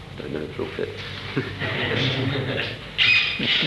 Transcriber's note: laughter